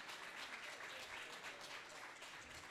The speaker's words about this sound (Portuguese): Palmas para eles.